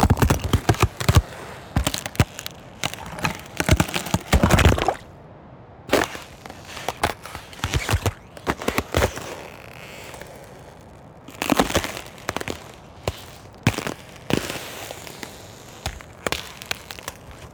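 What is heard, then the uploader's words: Ice cracks and snaps in sharp, dry bursts, dense and rapid for the first five seconds, then scattered clicks and pops with quiet gaps. Further clusters of crisp cracking return around 11–12 and 14 seconds, bright over a soft low rumble. Ice Cracking Sound Effects.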